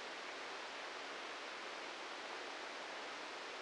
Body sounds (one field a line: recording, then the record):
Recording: brain microelectrode recording played as sound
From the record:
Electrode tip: inside the subthalamic nucleus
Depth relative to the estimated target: -2 mm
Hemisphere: right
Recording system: NeuroSet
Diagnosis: Parkinson's disease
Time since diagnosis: 13 years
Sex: male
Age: 65 years